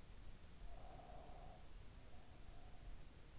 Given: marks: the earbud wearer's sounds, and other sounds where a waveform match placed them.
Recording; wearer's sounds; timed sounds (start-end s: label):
sounds in sleep by an in-ear microphone; breath
0.59-3.19 s: breath